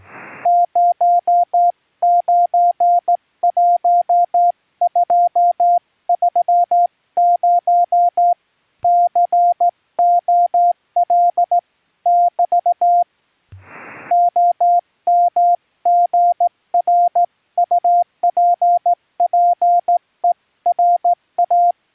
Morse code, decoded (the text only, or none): 091230 COL <BT> OMGRUPPERA